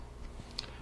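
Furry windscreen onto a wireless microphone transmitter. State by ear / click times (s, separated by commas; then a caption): seated / 0.6 s. A furry "dead cat" windscreen held on by small prongs is pushed onto a compact Rode Wireless Go wireless microphone transmitter. A short, bright snap is heard at 0.6 s over a low background hum. The windscreen seats on the mic.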